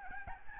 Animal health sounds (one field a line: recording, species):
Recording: mosquito wingbeat signal from an infrared sensor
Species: Aedes albopictus